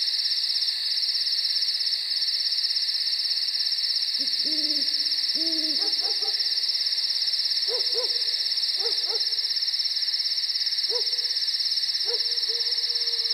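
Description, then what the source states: Owl hoots, two drawn-out wavering notes followed by a series of short clipped hoots, over a dense, steady chorus of high crickets. Night nature recording with crickets.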